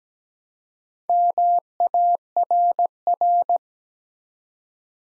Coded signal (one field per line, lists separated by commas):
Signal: Morse code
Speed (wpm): 17 wpm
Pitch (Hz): 700 Hz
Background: none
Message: MARR